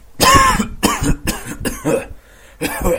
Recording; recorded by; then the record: voluntary cough; messaging app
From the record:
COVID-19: negative